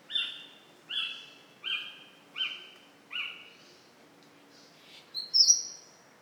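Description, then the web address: Mistletoebird calls: five sharp, downslurred notes, each with a fainter lower tone, about one every three-quarters of a second, then a higher, brighter double note. "Mistletoebird. صدای-پرنده-مرغ-دارواش"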